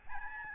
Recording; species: mosquito wingbeat signal from an infrared sensor; Aedes albopictus